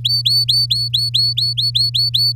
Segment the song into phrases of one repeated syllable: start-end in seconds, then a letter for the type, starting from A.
0.04-2.33 A